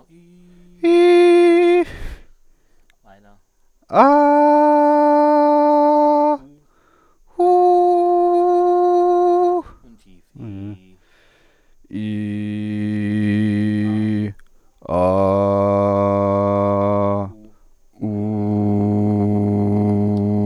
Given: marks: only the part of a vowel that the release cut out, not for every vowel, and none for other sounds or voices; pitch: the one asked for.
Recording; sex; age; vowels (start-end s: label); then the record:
sustained vowels; male; 20 to 29 years
0.88-1.71 s: vowel /i/, high pitch
4.19-6.13 s: vowel /a/, high pitch
7.49-9.48 s: vowel /u/, high pitch
12.07-13.86 s: vowel /i/, low pitch
15.12-17.09 s: vowel /a/, low pitch
18.16-20.11 s: vowel /u/, low pitch
From the record:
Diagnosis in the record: healthy voice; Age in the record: 22 years